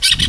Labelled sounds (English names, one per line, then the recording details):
Brown-throated Parakeet contact call
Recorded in Venezuela
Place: Guárico; Corozopando; Fundo La Fe
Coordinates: 8.506, -67.593